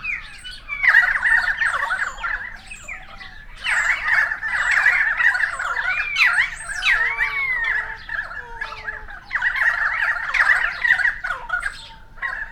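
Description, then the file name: Currawongs in a dense chorus of ringing, gurgling calls in waves, with a few lower descending whistles in the middle. Several currawongs, recorded 28 May 2013. "130528 Currawongs"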